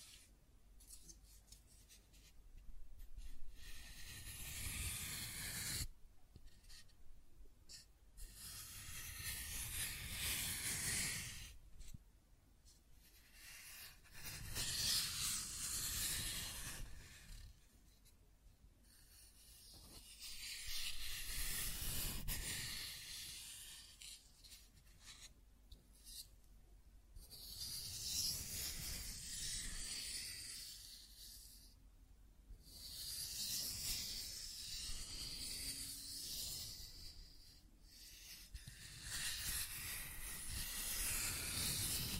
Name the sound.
Scratching and Tracing Sounds